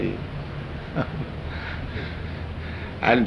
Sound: chuckles

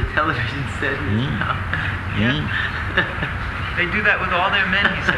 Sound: laughing

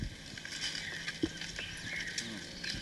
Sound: taps wood with cane

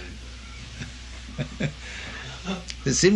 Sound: chuckles

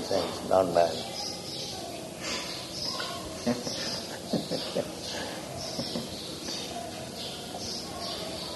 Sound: chuckles

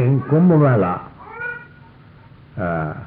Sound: child making noise

